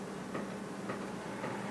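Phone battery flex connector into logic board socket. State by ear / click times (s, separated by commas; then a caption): not seated / none. An iPhone 6 battery flex connector is being handled over its logic board socket, with faint soft ticks around 0.35, 0.9 and 1.5 seconds over a steady low hum. Nothing has seated or clicked yet.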